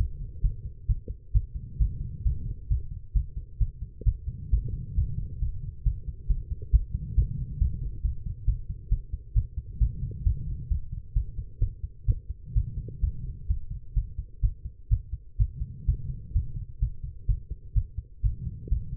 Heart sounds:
heart sounds by stethoscope; 131 bpm
0.42 s: heartbeat
0.87 s: heartbeat
1.33 s: heartbeat
1.79 s: heartbeat
2.24 s: heartbeat
2.69 s: heartbeat
3.14 s: heartbeat
3.59 s: heartbeat
4.05 s: heartbeat
4.51 s: heartbeat
4.96 s: heartbeat
5.40 s: heartbeat
5.84 s: heartbeat
6.28 s: heartbeat
6.72 s: heartbeat
7.16 s: heartbeat
7.59 s: heartbeat
8.03 s: heartbeat
8.46 s: heartbeat
8.90 s: heartbeat
9.34 s: heartbeat
9.79 s: heartbeat
10.24 s: heartbeat
10.69 s: heartbeat
11.14 s: heartbeat
11.60 s: heartbeat
12.06 s: heartbeat
12.54 s: heartbeat
13.01 s: heartbeat
13.48 s: heartbeat
13.95 s: heartbeat
14.42 s: heartbeat
14.89 s: heartbeat
15.38 s: heartbeat
15.86 s: heartbeat
16.34 s: heartbeat
16.80 s: heartbeat
17.27 s: heartbeat
17.74 s: heartbeat
18.22 s: heartbeat
18.70 s: heartbeat
From the record:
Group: healthy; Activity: rest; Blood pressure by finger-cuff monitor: 130/74 mmHg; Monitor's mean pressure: 90 mmHg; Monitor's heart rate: 133 bpm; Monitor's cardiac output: 10.8 L/min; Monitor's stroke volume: 82 mL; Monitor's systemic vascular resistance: 620 dyn s/cm5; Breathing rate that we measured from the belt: 22 breaths a minute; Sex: female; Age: 19 years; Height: 163 cm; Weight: 51 kg

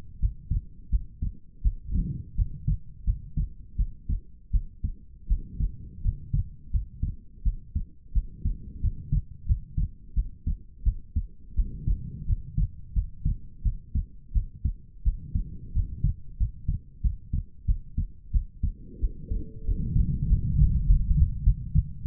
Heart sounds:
heart sounds by stethoscope; 88 bpm
0.19 s: heartbeat
0.90 s: heartbeat
1.62 s: heartbeat
2.35 s: heartbeat
3.04 s: heartbeat
3.76 s: heartbeat
4.51 s: heartbeat
5.27 s: heartbeat
6.02 s: heartbeat
6.70 s: heartbeat
7.43 s: heartbeat
8.13 s: heartbeat
8.80 s: heartbeat
9.46 s: heartbeat
10.14 s: heartbeat
10.83 s: heartbeat
11.55 s: heartbeat
12.26 s: heartbeat
12.93 s: heartbeat
13.62 s: heartbeat
14.32 s: heartbeat
15.03 s: heartbeat
15.72 s: heartbeat
16.37 s: heartbeat
17.01 s: heartbeat
17.65 s: heartbeat
18.31 s: heartbeat
18.99 s: heartbeat
19.64 s: heartbeat
20.26 s: heartbeat
20.85 s: heartbeat
21.43 s: heartbeat
22.02 s: heartbeat
From the record:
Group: healthy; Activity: rest 0-13 s, Valsalva maneuver 13-22 s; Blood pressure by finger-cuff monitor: 78/53 mmHg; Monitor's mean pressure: 62 mmHg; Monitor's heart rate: 86 bpm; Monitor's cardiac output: 6.7 L/min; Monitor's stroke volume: 79 mL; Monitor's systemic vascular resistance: 640 dyn s/cm5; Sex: female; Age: 19 years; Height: 163 cm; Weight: 48.9 kg

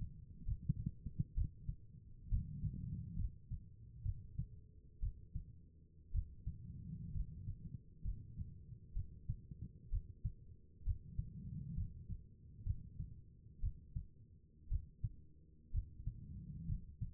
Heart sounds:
heart sounds by stethoscope; 63 bpm
0.45 s: heartbeat
1.34 s: heartbeat
2.29 s: heartbeat
3.16 s: heartbeat
4.03 s: heartbeat
5.00 s: heartbeat
6.11 s: heartbeat
7.12 s: heartbeat
8.02 s: heartbeat
8.93 s: heartbeat
9.90 s: heartbeat
10.83 s: heartbeat
11.74 s: heartbeat
12.64 s: heartbeat
13.60 s: heartbeat
14.68 s: heartbeat
15.71 s: heartbeat
16.66 s: heartbeat
From the record:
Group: healthy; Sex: female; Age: 36 years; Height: 163 cm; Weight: 88 kg

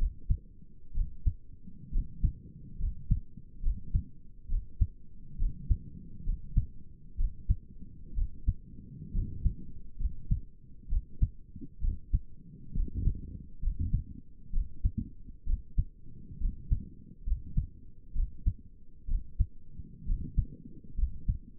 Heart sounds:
heart sounds by stethoscope; 66 bpm
0.95 s: heartbeat
1.93 s: heartbeat
2.80 s: heartbeat
3.63 s: heartbeat
4.50 s: heartbeat
5.39 s: heartbeat
6.26 s: heartbeat
7.18 s: heartbeat
8.16 s: heartbeat
9.14 s: heartbeat
10.00 s: heartbeat
10.90 s: heartbeat
11.82 s: heartbeat
12.75 s: heartbeat
13.63 s: heartbeat
14.53 s: heartbeat
15.47 s: heartbeat
16.41 s: heartbeat
17.27 s: heartbeat
18.16 s: heartbeat
19.09 s: heartbeat
20.07 s: heartbeat
20.98 s: heartbeat
From the record:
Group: healthy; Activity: rest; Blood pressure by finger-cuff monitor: 99/59 mmHg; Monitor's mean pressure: 72 mmHg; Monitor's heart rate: 66 bpm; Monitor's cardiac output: 6.1 L/min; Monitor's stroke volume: 95 mL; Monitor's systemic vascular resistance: 830 dyn s/cm5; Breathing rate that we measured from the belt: 17 breaths a minute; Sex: male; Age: 22 years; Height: 181 cm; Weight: 79 kg

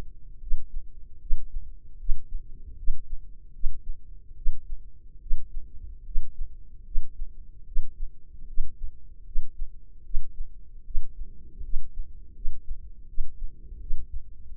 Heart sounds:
heart sounds by microphone in the left ear; 77 bpm
0.39 s: heartbeat
1.19 s: heartbeat
1.97 s: heartbeat
2.76 s: heartbeat
3.52 s: heartbeat
4.35 s: heartbeat
5.19 s: heartbeat
6.04 s: heartbeat
6.84 s: heartbeat
7.65 s: heartbeat
8.46 s: heartbeat
9.24 s: heartbeat
10.03 s: heartbeat
10.83 s: heartbeat
11.62 s: heartbeat
12.33 s: heartbeat
13.07 s: heartbeat
13.79 s: heartbeat
14.47 s: heartbeat
From the record:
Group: healthy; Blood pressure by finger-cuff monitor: 93/49 mmHg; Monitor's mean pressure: 63 mmHg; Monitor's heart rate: 76 bpm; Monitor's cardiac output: 7 L/min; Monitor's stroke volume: 93 mL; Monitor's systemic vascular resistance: 630 dyn s/cm5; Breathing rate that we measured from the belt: 21 breaths a minute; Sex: female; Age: 22 years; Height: 157 cm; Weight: 47.6 kg

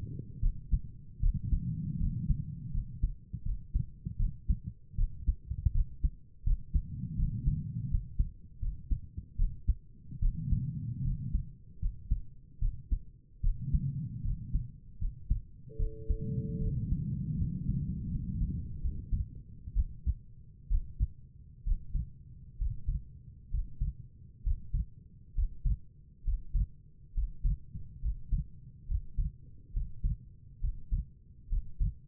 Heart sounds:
heart sounds by stethoscope; 73 bpm
0.41 s: heartbeat
1.21 s: heartbeat
1.99 s: heartbeat
2.72 s: heartbeat
3.44 s: heartbeat
4.18 s: heartbeat
4.97 s: heartbeat
5.73 s: heartbeat
6.45 s: heartbeat
7.17 s: heartbeat
7.89 s: heartbeat
8.60 s: heartbeat
9.37 s: heartbeat
10.21 s: heartbeat
11.03 s: heartbeat
11.80 s: heartbeat
12.60 s: heartbeat
13.42 s: heartbeat
14.23 s: heartbeat
15.00 s: heartbeat
15.78 s: heartbeat
16.60 s: heartbeat
17.37 s: heartbeat
18.10 s: heartbeat
18.82 s: heartbeat
19.74 s: heartbeat
20.69 s: heartbeat
21.65 s: heartbeat
22.58 s: heartbeat
23.51 s: heartbeat
24.43 s: heartbeat
25.35 s: heartbeat
26.24 s: heartbeat
27.14 s: heartbeat
28.02 s: heartbeat
28.88 s: heartbeat
29.73 s: heartbeat
30.61 s: heartbeat
31.49 s: heartbeat
From the record:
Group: healthy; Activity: rest 0-17 s, breath hold 17-32 s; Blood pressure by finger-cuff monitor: 92/65 mmHg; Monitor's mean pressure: 72 mmHg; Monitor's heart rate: 74 bpm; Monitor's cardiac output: 5.6 L/min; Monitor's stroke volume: 75 mL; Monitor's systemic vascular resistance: 970 dyn s/cm5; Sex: female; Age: 22 years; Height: 163 cm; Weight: 67.1 kg

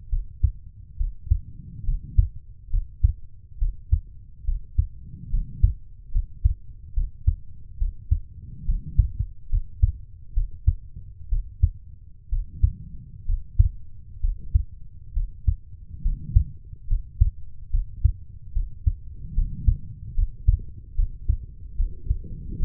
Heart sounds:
heart sounds by stethoscope; 69 bpm
0.09 s: heartbeat
0.96 s: heartbeat
1.84 s: heartbeat
2.70 s: heartbeat
3.58 s: heartbeat
4.44 s: heartbeat
5.29 s: heartbeat
6.11 s: heartbeat
6.93 s: heartbeat
7.77 s: heartbeat
8.65 s: heartbeat
9.49 s: heartbeat
10.33 s: heartbeat
11.28 s: heartbeat
12.29 s: heartbeat
13.25 s: heartbeat
14.20 s: heartbeat
15.12 s: heartbeat
16.01 s: heartbeat
16.87 s: heartbeat
17.70 s: heartbeat
18.52 s: heartbeat
19.33 s: heartbeat
20.14 s: heartbeat
20.94 s: heartbeat
21.75 s: heartbeat
22.59 s: heartbeat
From the record:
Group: healthy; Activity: rest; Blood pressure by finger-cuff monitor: 97/65 mmHg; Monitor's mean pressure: 73 mmHg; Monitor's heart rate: 70 bpm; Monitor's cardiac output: 5.1 L/min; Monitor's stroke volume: 73 mL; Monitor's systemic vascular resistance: 1060 dyn s/cm5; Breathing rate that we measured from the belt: 17 breaths a minute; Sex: female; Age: 23 years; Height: 160 cm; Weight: 50.4 kg

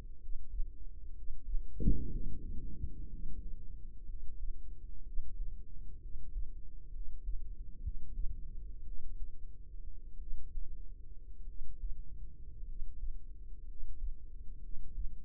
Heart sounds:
heart sounds by microphone in the right ear; 58 bpm
0.17 s: heartbeat
1.12 s: heartbeat
2.08 s: heartbeat
3.07 s: heartbeat
4.04 s: heartbeat
5.02 s: heartbeat
5.98 s: heartbeat
6.89 s: heartbeat
7.79 s: heartbeat
8.82 s: heartbeat
10.17 s: heartbeat
11.44 s: heartbeat
12.63 s: heartbeat
13.63 s: heartbeat
14.59 s: heartbeat
From the record:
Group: healthy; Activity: breath hold 0-2 s, rest 2-15 s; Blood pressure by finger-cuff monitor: 105/55 mmHg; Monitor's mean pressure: 68 mmHg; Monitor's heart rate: 61 bpm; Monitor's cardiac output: 4.9 L/min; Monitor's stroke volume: 80 mL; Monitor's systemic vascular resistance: 980 dyn s/cm5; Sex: male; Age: 25 years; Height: 170 cm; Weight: 70.4 kg

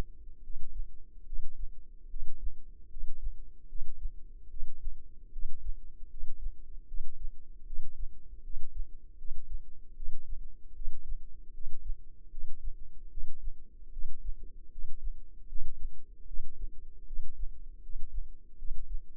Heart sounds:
heart sounds by microphone in the left ear; 76 bpm
0.40 s: heartbeat
1.23 s: heartbeat
2.07 s: heartbeat
2.87 s: heartbeat
3.66 s: heartbeat
4.47 s: heartbeat
5.29 s: heartbeat
6.07 s: heartbeat
6.85 s: heartbeat
7.63 s: heartbeat
8.41 s: heartbeat
9.15 s: heartbeat
9.93 s: heartbeat
10.73 s: heartbeat
11.51 s: heartbeat
12.28 s: heartbeat
13.08 s: heartbeat
13.89 s: heartbeat
14.69 s: heartbeat
15.46 s: heartbeat
16.24 s: heartbeat
17.04 s: heartbeat
17.80 s: heartbeat
18.56 s: heartbeat
From the record:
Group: healthy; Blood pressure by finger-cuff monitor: 108/61 mmHg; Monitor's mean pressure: 78 mmHg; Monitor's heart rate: 74 bpm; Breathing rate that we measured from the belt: 20 breaths a minute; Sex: female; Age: 22 years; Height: 160 cm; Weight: 45 kg

